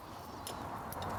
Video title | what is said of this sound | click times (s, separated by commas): Troubleshoot a Faulty Fuel Pump in a Modern Vespa GTS 250 | there we go and it should click there we go so that one's in place | 0.5 s, 0.9 s